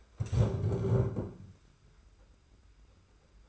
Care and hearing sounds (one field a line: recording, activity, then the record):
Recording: daily activity, microphone in the room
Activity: stand up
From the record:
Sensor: 2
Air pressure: 991.6 hPa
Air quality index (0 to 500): 180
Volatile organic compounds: 1000 ppm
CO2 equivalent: 5836 ppm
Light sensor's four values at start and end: 27/86/33/32 and 25/79/31/30